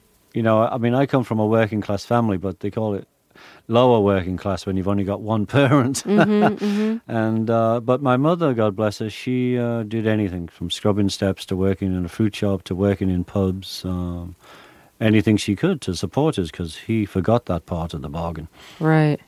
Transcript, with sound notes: You know, I mean, I come from a working-class family, but they call it lower working-class when you've only got one parent (laughter). And - but my mother - God bless her - she did anything from scrubbing steps to working in a fruit shop to working in pubs - anything she could to support us 'cause he forgot that part of the bargain.